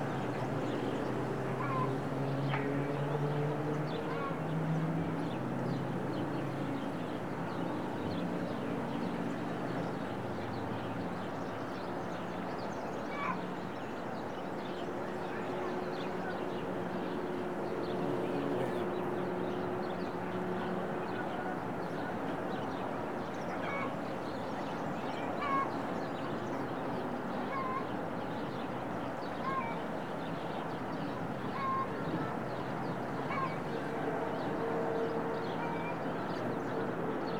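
A daily recording from a studio in the Serra de Collserola natural park: a steady, dense low rumble like traffic holds level throughout, with a faint murmur that may be voices. Brief clicks and short chirps surface every few seconds above it.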